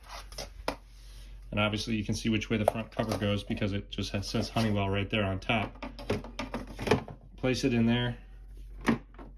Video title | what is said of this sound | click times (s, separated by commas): Clean Air = Honeywell Air Purifier | push it back on until it clicks and you're done | 8.9 s